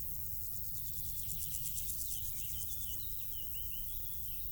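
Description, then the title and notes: Grass insects stridulate in quick pulsed high buzzes while birds add short whistled chirps, over a continuous low rumble. Insects stridulating in grass on île Gabriel, Brangues, France, during a Rhône scouting trip; sunny summer afternoon, June 2021; bumblebees noted; two small Lom Usi Pro capsules in stereo AB with SD MixPre 6. "île Gabriel - Brangues, France - Bourdons et crissements estivaux. Une après-midi ensoleillée sur l'île Gabriel. en juin 2021. je dépose deux petites capsules dans l'herbe afin de capter les stridulations des insectes à cette saison"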